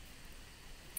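A plastic roller ball top is set on the neck of a glass essential oil bottle, and the cap is screwed on tightly to press it home. After a low, steady background, a short click is heard at 0.97 s as the roller top seats onto the bottle.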